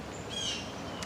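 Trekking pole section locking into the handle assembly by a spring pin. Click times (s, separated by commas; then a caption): 1.0 s. A handle and an aluminium section of a collapsible trekking pole are pulled straight apart until a spring pin engages and locks the section into the handle assembly. Over steady background noise with faint high chirping tones, a short sharp snap sounds at 1.0 s as the section seats and locks in place.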